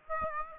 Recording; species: mosquito wingbeat signal from an infrared sensor; Aedes aegypti